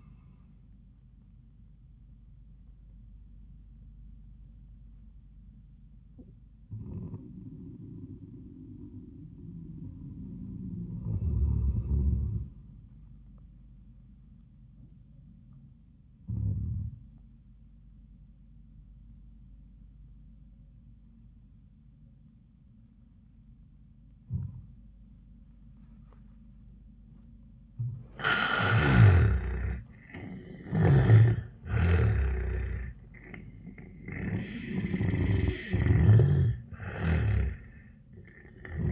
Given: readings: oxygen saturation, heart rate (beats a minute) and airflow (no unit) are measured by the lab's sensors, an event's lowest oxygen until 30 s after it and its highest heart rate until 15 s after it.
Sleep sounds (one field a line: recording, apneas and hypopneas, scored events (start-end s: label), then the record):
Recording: breathing in sleep by a smartphone at the bedside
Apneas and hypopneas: 1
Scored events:
4.00-30.40 s: hypopnea (N1, oxygen 96% highest, then 80% lowest, heart rate 104 at the start, 104 highest)
From the record:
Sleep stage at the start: N1 (lightest sleep)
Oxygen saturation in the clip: 78 to 96%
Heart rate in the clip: 71 to 104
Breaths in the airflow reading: 6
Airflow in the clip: -24.0 to 18.8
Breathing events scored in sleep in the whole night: 400 in 8.7 hours asleep